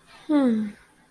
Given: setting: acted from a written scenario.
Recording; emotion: vocal sound without words; contentment